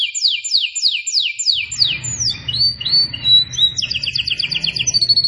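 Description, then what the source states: Canary song: rapid series of high descending sweeps, then looping slurred notes and fast buzzy trills, with a low hum underneath. Singing described as gacor, meaning vigorous, persistent song.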